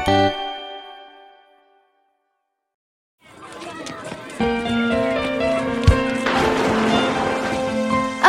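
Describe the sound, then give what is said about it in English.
A held musical note fades into a short silence, then a steady hiss and patter of falling rain begins and continues, with soft tonal music running underneath. “My, it's raining!”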